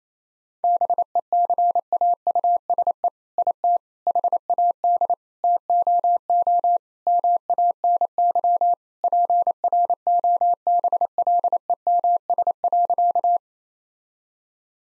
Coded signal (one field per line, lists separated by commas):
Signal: Morse code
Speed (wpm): 27 wpm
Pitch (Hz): 700 Hz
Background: none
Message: BECAUSE IT HAD TOO MANY PROBLEMS.